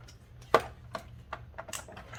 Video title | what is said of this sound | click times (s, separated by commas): Mini Cooper high pressure fuel pump replacement / HPFP guide | There we go. Make sure you hear 2 clicks. | 0.5 s, 0.9 s